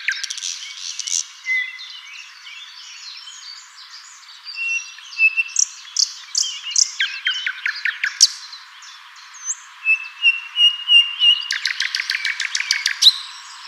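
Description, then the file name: Common nightingale phrases with thin whistles and two bursts of fast, repeated clicking notes. "Luscinia megarhynchos"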